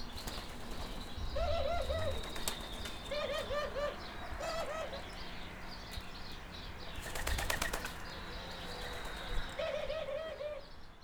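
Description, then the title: Turtle dove song: short bursts of rolling, purring notes repeated at irregular intervals, with a thin high tone in the background. Some turtle doves. "Tórtola"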